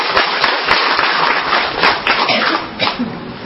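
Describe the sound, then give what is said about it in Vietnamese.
A crowd breaks into sustained applause, a dense, steady wash of many hands clapping with a few sharper individual claps standing out, holding at a fairly even loudness throughout. “Chúng ta cho một tràng pháo tay để chúng ta gặp gỡ những người anh chị em này.”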